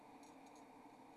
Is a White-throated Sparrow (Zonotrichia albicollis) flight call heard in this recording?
no